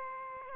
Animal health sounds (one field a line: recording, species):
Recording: mosquito wingbeat signal from an infrared sensor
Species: Aedes aegypti